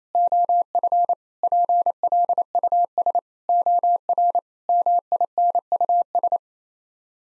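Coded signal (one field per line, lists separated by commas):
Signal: Morse code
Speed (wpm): 28 wpm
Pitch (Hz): 700 Hz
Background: none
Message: OF PLUS OR MINUS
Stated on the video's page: Head-copy drill of common 8-word groups at 28 wpm, each sent in Morse, then spoken, then sent again.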